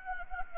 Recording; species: mosquito wingbeat signal from an infrared sensor; Anopheles gambiae